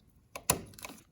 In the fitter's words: that we got off of there and stick them on there until it snaps in place if